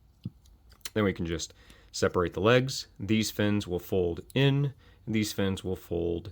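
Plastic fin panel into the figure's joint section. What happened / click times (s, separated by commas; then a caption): The plastic panels snapped down and locked the joint / 0.9 s. Plastic fin panels on an Iron Factory EX-66 Blade of Halphas (Guyhawk) transforming figure are pushed back down into the figure's joint section, with faint ticks before a sharp plastic click at 0.9 s as they seat and lock the joint in place. Someone then talks.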